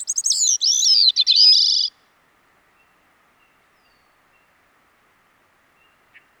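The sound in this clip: Bicknell's thrush giving a quick song of reedy, spiraling high phrases with a buzzy ending, then several seconds of near silence.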